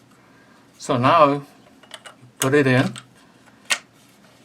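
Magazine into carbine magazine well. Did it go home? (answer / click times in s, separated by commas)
yes / 3.7 s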